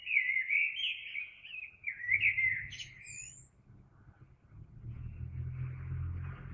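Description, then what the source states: Eurasian blackbird song: a rich warbled phrase ending in a thin high squeaky flourish, followed by low rumbling background noise. Recorded 26 April 2022.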